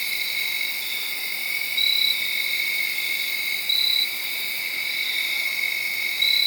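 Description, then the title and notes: Cricket chorus, steady and shrill, punctuated by a stronger trill recurring every few seconds. Made around midnight, late Saturday night into Sunday morning, under a tree in Sharon, Pennsylvania. "Crickets (field recording). late on Saturday night/Sunday morning. The location was in Sharon, Pennsylvania, under a tree. around 12:00 in the morning"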